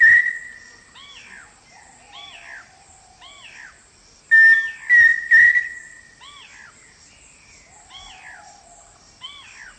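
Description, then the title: Pheasant cuckoo whistled call: one loud series of three clear, pure whistles over another bird's steady repeated arched chirps. "LuckyPassaro Completos2Sama. Pheasant Cuckoo (Dromococcyx phasianellus)"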